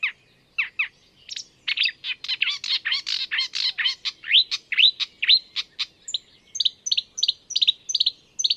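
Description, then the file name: Marsh warbler singing a quick, varied stream of twittering notes that ends in a steady run of high, crisp repeated chirps. "enekes nadiposzata hangja"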